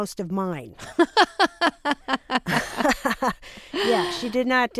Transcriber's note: soundbite of laughter